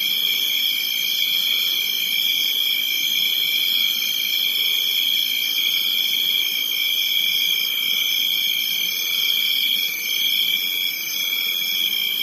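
Cricket: a steady, shrill, high-pitched trilling, unbroken throughout.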